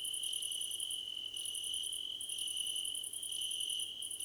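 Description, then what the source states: Crickets chirp in quick pulsed bursts high above a continuous shrill tone, with short breaks between bursts. Crickets in a choir competition.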